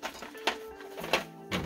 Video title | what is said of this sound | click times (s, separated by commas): How to Build a BRUDER Flatbed Trailer STEP BY STEP! | yeah they just snap in place this | 0.5 s, 1.1 s